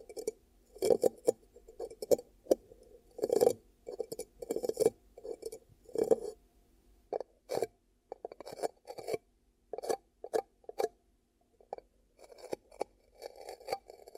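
Hands cup and rub over the microphone in irregular bursts of muffled, hollow rustling, each lasting under a second, with short silent gaps between. Sharp clicks and taps cut through at times, bright and brief, and the rhythm stays loose and uneven throughout.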